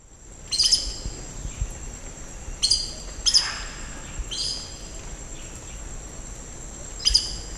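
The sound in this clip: Aracari calls: short, harsh, high-pitched notes at irregular intervals over a steady background hiss.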